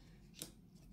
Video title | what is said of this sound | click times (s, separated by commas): Montage Christmas Lantern (Santa's Sleigh) de chez Action (spécial Noël) | Là, écoutez, ça a l'air de s'être bien emboîté. | 0.4 s